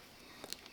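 A 20 V 4 Ah battery pack is slid onto the base of a new DCK KDPL03-14 20V brushless impact driver. A quiet sliding rustle leads to a sharp latch click at 0.5 s, followed by a fainter tick near 0.8 s. The battery is seated.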